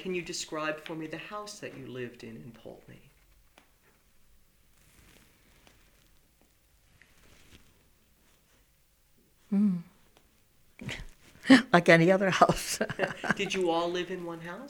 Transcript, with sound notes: Can you describe for me the house that you lived in in Poultney?
Mmm, like any other house. ( she laughs )
Did you all live in one house?